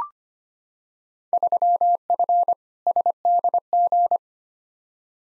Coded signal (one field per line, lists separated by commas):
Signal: Morse code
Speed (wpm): 25 wpm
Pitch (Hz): 700 Hz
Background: none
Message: 3F SDG